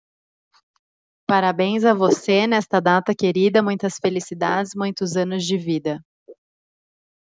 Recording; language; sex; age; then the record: short text; Brazilian Portuguese; female; 20 to 29 years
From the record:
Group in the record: control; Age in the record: 29 years